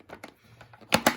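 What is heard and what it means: The plastic cover for the visor pivot mechanism on a Nolan N21 motorcycle helmet is pressed against the helmet shell so its two small lips enter two slots. A few faint taps come first, then two sharp, loud clicks at 0.9 and 1.1 seconds as the cover snaps into place. The cover is seated.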